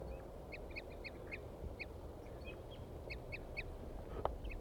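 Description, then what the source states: Crossbill calls: short, sharp clipped notes in quick irregular runs, over steady low background noise with one brief click. Male and female together, both giving 'toop' calls, during playback of songs.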